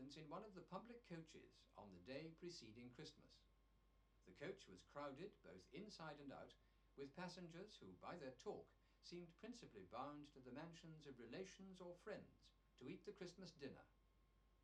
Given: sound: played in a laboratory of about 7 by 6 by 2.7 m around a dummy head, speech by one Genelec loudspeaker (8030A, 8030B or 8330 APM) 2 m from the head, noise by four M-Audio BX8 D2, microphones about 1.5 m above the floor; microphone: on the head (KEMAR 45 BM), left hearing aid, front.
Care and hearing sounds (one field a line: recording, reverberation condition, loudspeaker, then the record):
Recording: male speech in English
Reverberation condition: low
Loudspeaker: 150 degrees to the left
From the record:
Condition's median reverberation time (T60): about 310 ms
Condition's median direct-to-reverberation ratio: about 3.5 dB